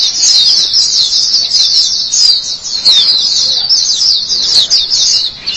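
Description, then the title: White-eye song, a continuous high twittering chatter of rapid, slurred notes running unbroken through the whole stretch. "Kicauan Burung Pleci"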